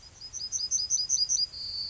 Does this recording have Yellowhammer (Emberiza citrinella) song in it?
yes